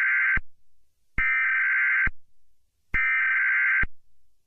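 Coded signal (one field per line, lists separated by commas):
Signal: Emergency Alert System (SAME) tones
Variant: header bursts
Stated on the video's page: Fictional EAS scenario.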